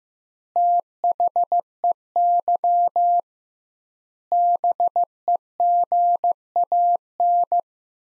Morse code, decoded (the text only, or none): THEY BEGAN